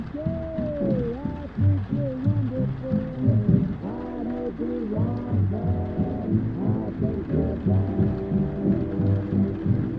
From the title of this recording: Oldies music playing in another room and it's raining